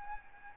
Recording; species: mosquito wingbeat signal from an infrared sensor; Aedes albopictus